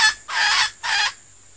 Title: Suara Ayam Hutan Betina. SUARA DENAK AYAM HUTAN